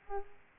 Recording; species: mosquito wingbeat signal from an infrared sensor; Aedes aegypti